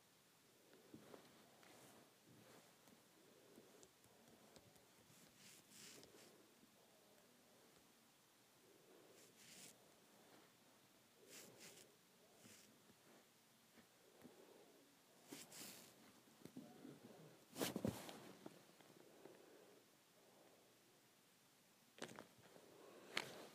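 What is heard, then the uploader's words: Hair being played with: soft, irregular swishes and rubbing that come and go every second or two. Sharper crackly rustles stand out now and then, loudest near 18 seconds and again around 22–23 seconds, over a faint steady hiss. ASMR Hair Play.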